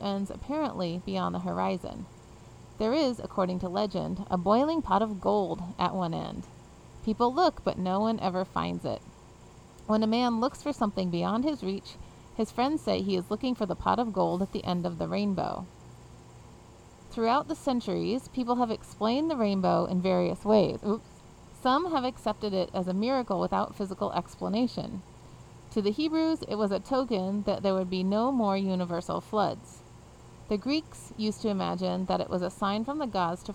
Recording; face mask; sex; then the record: reading aloud; surgical mask; female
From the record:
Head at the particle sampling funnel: facing it